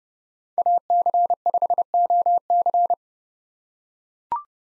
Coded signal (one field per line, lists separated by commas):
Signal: Morse code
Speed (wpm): 30 wpm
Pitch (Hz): 700 Hz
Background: none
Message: AC5OC